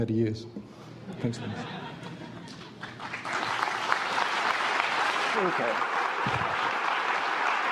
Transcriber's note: applause